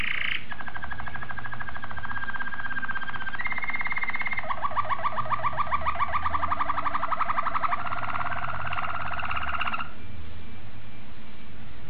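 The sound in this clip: Domestic canary singing fast buzzy trills of rapid pulses that shift to a higher pitch midway, over a low steady hum.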